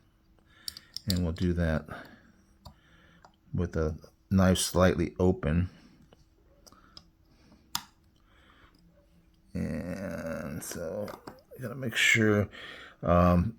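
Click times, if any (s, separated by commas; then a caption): 7.8 s. A folding knife is reassembled with a new back spacer, the knife held slightly open, as the back spacer and scales are pressed back into the frame. Someone talks, with a few faint ticks in the pauses. At 7.8 s a sharp, loud click marks the parts seating properly together.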